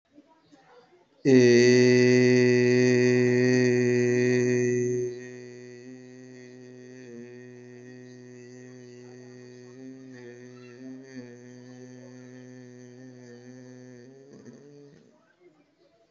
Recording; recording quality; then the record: sustained vowel as in made; excellent, no background noise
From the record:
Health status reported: healthy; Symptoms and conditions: asthma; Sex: male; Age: 31 years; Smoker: not ticked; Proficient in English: yes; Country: India